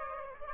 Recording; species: mosquito wingbeat signal from an infrared sensor; Aedes aegypti